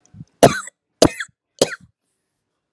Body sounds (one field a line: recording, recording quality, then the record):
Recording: heavy voluntary cough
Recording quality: excellent, no background noise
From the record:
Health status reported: healthy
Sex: female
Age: 32 years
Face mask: not worn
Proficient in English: yes